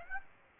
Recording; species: mosquito wingbeat signal from an infrared sensor; Aedes aegypti